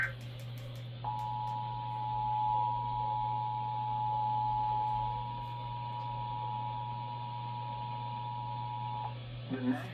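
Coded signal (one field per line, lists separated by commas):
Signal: Emergency Alert System (SAME) tones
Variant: 853 and 960 Hz attention tone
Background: speech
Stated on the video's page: Severe thunderstorm alert received on KGG68 and KUHT 8.3.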